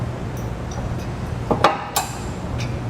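The locking ring on a removable steel base plate arm of a Roadmaster Direct-Connect base plate kit on a 2016 Mini Countryman is pulled and twisted, releasing the black powder-coated arm so it slides out of its receiver. Short metallic clinks sound at about 1.5, 1.7 and 2.0 seconds, the loudest at 1.7 seconds when the arm unlocks, over a low steady background hum. The arm is released and removed.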